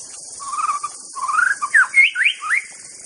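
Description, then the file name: White-rumped Shama song, a run of varied whistled and slurred notes that climb higher toward the end, with a constant high hiss of insects behind. Forest bird. "suara muraibatu hutan. omkicau"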